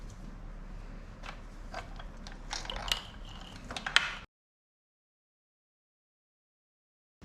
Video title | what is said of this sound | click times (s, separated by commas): 2005 Kawasaki ZX 636 street to track Part 1 | rock it back and forth until it seats properly boom you feel like a little click as it goes in | 4.0 s